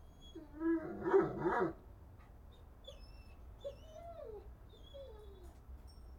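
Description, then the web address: Dog barking in a short burst of three quick barks, followed by faint whines and a quiet background hiss. "Effects 02-Birds, Insects Animals. Animals dogs"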